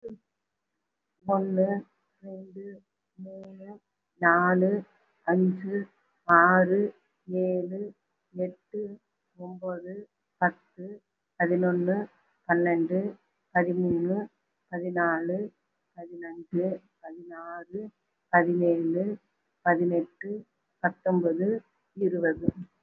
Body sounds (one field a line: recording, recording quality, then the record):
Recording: counting at a normal pace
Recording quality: excellent, no background noise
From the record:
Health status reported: recovered from COVID-19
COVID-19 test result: positive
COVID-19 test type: RT-PCR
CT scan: taken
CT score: 3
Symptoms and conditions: cough, cold, breathing difficulty, chronic lung disease, pneumonia, hypertension, diabetes, another condition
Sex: female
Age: 63 years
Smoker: no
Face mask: worn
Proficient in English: yes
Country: India